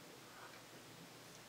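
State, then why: Not seated. A bobbin case is held and turned so its finger points toward the sewing machine body, lining it up before it is pushed into the bobbin housing. Only a steady, faint hiss with light handling rustle is heard. Nothing has seated or clicked yet.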